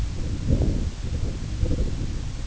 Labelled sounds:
none
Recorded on Arctic tundra, site IGLO-A, on 16 June 2018
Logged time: 13:59

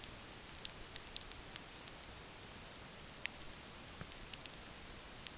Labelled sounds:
none
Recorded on Arctic tundra, site NAIT-1, on 27 June 2019
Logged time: 20:00

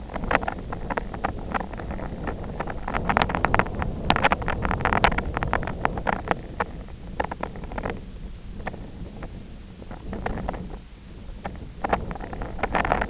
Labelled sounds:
none
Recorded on Arctic tundra, site IGLO-F, on 24 June 2018
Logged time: 20:00

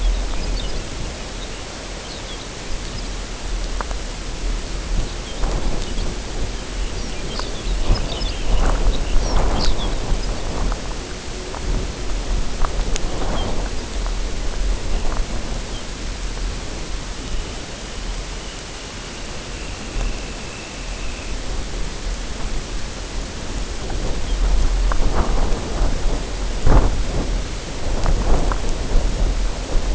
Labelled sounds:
Lapland Longspur (Calcarius lapponicus), unidentified sound, Pectoral Sandpiper (Calidris melanotos), Dunlin (Calidris alpina)
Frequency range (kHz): Lapland Longspur (Calcarius lapponicus) 2.3-6.1 kHz; Pectoral Sandpiper (Calidris melanotos) 0.1-0.8 kHz; Dunlin (Calidris alpina) 2.2-3.5 kHz
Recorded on Arctic tundra, site UTQI-0, on 14 June 2019
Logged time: 16:00

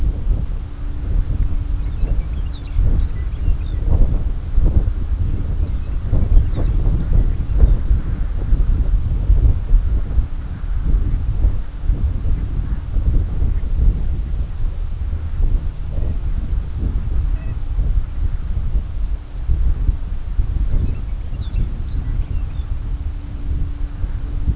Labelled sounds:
Lapland Longspur (Calcarius lapponicus), unidentified sound
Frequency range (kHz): Lapland Longspur (Calcarius lapponicus) 1.1-5.0 kHz
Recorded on Arctic tundra, site CORI-1, on 20 June 2018
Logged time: 20:00

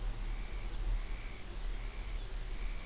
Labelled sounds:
Dunlin (Calidris alpina), Lapland Longspur (Calcarius lapponicus)
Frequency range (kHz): Lapland Longspur (Calcarius lapponicus) 3.0-4.0 kHz
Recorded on Arctic tundra, site UTQI-5, on 24 June 2018
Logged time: 12:00

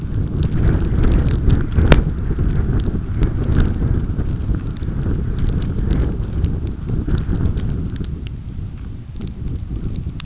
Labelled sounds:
none
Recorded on Arctic tundra, site UTQI-5, on 29 June 2018
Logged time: 02:00

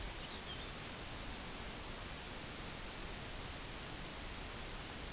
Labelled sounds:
Lapland Longspur (Calcarius lapponicus)
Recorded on Arctic tundra, site UTQI-0, on 13 June 2019
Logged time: 00:00

